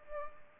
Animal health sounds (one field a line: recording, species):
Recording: mosquito wingbeat signal from an infrared sensor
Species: Culex pipiens